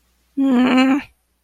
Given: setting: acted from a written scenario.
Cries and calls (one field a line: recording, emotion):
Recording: vocal sound without words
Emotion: anger